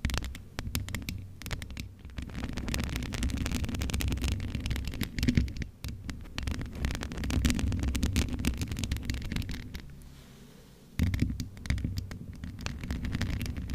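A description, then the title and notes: Microphone scratching and rubbing with no talking: a dense run of crackly scrapes and thumps over a low rumble. Sharp ticks recur irregularly throughout, and the handling settles into a quieter, smoother stretch near ten seconds before the scratching resumes at eleven. ASMR Mic Scratching no Talking, MIT/OHNE Cover.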